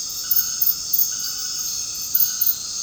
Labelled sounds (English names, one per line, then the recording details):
none
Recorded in dense forest near Puerto Asís, Putumayo, Colombia, on 8 March 2025 at 19:30
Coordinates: 0.486, -76.317
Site G053